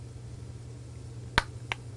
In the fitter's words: and you can hear it popping off